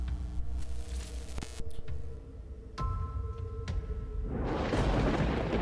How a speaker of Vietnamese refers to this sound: Từ trên 9 tầng trời, một đợt lôi phạt trực tiếp đùng đùng bổ xuống.